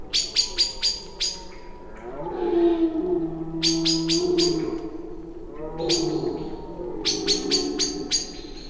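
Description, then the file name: Common blackbird sharp clicking calls in quick bursts of several notes, with a low droning hum between and beneath them. "Turdus merula"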